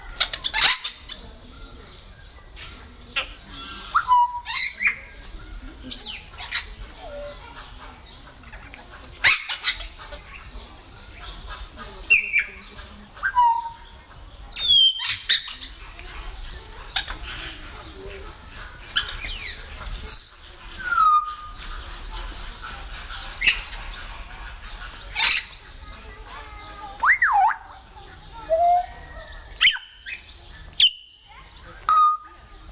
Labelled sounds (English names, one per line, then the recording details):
Grey Parrot call
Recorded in captivity
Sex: group
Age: adult
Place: Tierpark Berlin, Berlin, DE
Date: 1997-06-28 18:00
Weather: 25°C, heiter
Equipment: Sony MD-WM MZ-R3, Sennheiser MKH 416 T, Kopie Uher 4000 Report Monitor
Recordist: Tembrock, Günter